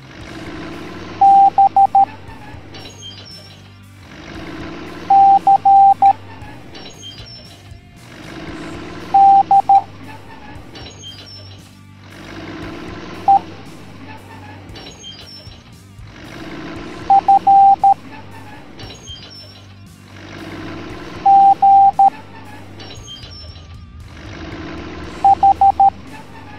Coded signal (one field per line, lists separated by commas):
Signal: Morse code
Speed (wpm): 13 wpm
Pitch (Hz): 790 Hz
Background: music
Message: B C D E F G H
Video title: Monster Trucks Teaching the Morse Code Alphabet Educational Video for Kids